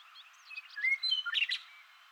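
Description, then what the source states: Western meadowlark singing: a few soft notes, then clear whistled slurs ending in a bright, burbling, jumbled phrase. Seven songs.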